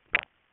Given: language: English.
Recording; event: throat vibration sensor signal played as sound; swallow